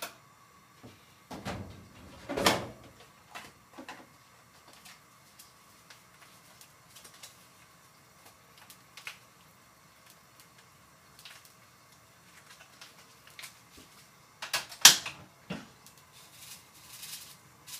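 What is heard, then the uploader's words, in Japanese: Food being prepared ahead for packed lunches: scattered clicks, taps and light clatter of utensils and containers, with brief louder knocks near the start and around fifteen seconds. A faint steady hum runs underneath, and quiet gaps separate the handling sounds. 環境音 弁当用につくりおき。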